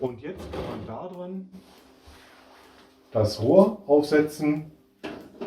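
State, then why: Seated. The plastic exhaust hose connector is pushed onto the mounting frame of an EcoFlow Wave 2 portable battery air conditioner while someone talks. A sharp snap at 5.1 s marks the connector latching, seated onto the frame.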